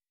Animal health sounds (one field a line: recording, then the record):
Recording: hydrophone in a shrimp aquaculture tank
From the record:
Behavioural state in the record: weakened